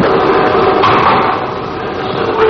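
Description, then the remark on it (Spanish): Repeated knocking on the wooden lintel of a front door, a dense run of blows that keeps up a fairly steady loudness over a noisy background, with no voices. “tras golpear en el dintel de la misma se graba una pequeña conversación.”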